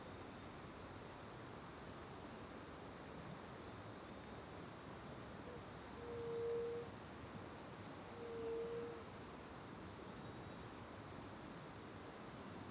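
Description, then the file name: Crickets keep up a steady, high, finely pulsed trill throughout, with two thin upslurred bird whistles and a pair of low soft tones over a constant background hiss. Morning with back to the river near the Angélica cave; several birds present, crickets distant at first then near; AB stereo recording. "De costas para o rio perto da caverna angelica de manha, varios passaros, grilos longe e depois perto"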